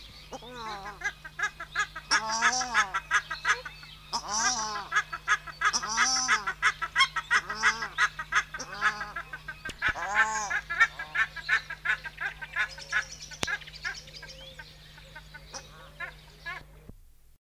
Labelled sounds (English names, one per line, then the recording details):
Paradise Shelduck call
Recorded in captivity
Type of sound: call
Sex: pair
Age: adult
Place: Vogelpark Walsrode, Niedersachsen, DE
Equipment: Halbspur, 9,5 cm/s
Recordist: Lütgens, Hans
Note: 1 Paar